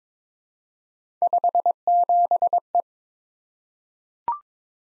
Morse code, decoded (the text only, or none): 57E